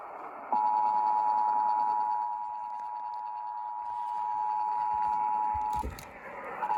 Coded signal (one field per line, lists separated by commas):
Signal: Emergency Alert System (SAME) tones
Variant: 853 and 960 Hz attention tone